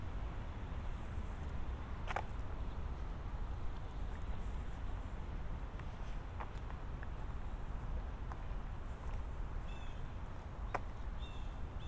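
A walk through Central Park, with a steady, dense rumble of traffic and wind filling the low end throughout. Short sharp clicks or knocks stand out around 2, 6.5 and 10.7 seconds, and faint bird chirps come and go near the end.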